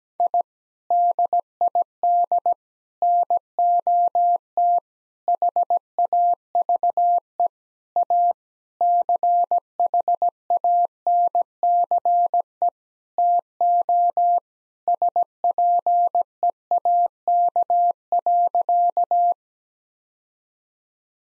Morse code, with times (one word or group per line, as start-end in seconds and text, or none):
0.2-0.4 I
0.9-2.5 DID
3.0-4.8 NOT
5.3-7.5 HAVE
8.0-8.3 A
8.8-12.7 CHANCE
13.2-14.4 TO
14.9-19.3 SPEAK.